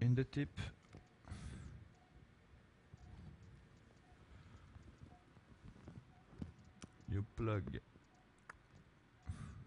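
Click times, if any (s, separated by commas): 8.5 s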